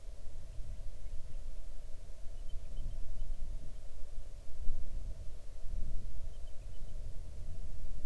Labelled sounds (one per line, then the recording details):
bird
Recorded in the Arctic National Wildlife Refuge, Alaska, on 6 July 2019 at 00:23
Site 39